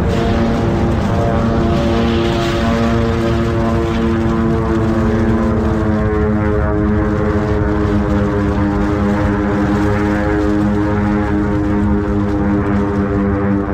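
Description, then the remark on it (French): A propeller airplane drones loudly and steadily as it swerves in flight, its buzzing engine tone wavering slightly in pitch, with no voices present. “L'avion fait un écart.”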